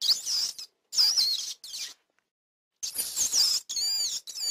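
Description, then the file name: Rat squeaking: high, wavering squeals in several bursts separated by silences, with noisy scuffling beneath the calls. "patkány"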